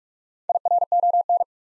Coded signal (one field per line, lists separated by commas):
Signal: Morse code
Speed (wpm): 43 wpm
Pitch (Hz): 700 Hz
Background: none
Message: IRON